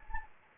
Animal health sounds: mosquito wingbeat signal from an infrared sensor; Anopheles gambiae

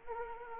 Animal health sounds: mosquito wingbeat signal from an infrared sensor; Anopheles arabiensis

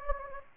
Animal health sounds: mosquito wingbeat signal from an infrared sensor; Anopheles gambiae

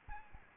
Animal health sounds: mosquito wingbeat signal from an infrared sensor; Aedes albopictus

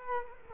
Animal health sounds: mosquito wingbeat signal from an infrared sensor; Culex quinquefasciatus

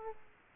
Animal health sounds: mosquito wingbeat signal from an infrared sensor; Aedes aegypti

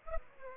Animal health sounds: mosquito wingbeat signal from an infrared sensor; Aedes aegypti

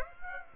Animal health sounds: mosquito wingbeat signal from an infrared sensor; Aedes aegypti

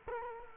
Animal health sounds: mosquito wingbeat signal from an infrared sensor; Culex quinquefasciatus

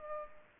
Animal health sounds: mosquito wingbeat signal from an infrared sensor; Culex pipiens

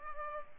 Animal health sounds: mosquito wingbeat signal from an infrared sensor; Culex pipiens

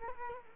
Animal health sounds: mosquito wingbeat signal from an infrared sensor; Culex quinquefasciatus

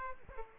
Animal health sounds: mosquito wingbeat signal from an infrared sensor; Aedes aegypti

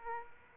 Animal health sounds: mosquito wingbeat signal from an infrared sensor; Aedes aegypti

